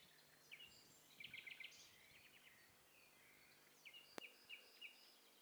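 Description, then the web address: Several birds calling together, with quick bursts of chirping notes, short repeated chips and a sharp click, all soft over steady background noise. Several birds calling at once; stereo. "Hi Fi STEREO BIRD COCKTAIL PARTY Challenge"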